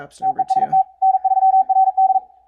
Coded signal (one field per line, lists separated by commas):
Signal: Morse code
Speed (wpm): 42 wpm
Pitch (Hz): 760 Hz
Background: speech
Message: TEST N3RD